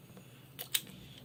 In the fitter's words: prêt c'est un petit clic